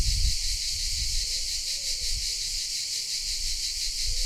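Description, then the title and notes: Cicadas singing in a steady, dense buzzing chorus that never breaks, with a few faint low calls and some low rumbling underneath. Cicadas recorded in the shade of pine trees in the park of the Certosa di Padula, Italy; recorded with a Zoom H6 and MS capsule. "Parco della Certosa - Cicale nel parco della Certosa. Registrazione all'ombra dei pini nel parco della Certosa di Padula. Principalmente biofonie prodotte da cicale e corvi"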